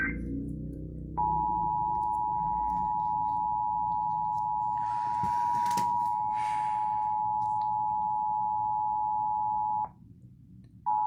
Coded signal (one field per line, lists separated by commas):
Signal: Emergency Alert System (SAME) tones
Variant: 853 and 960 Hz attention tone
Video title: EAS #15 National Periodic Test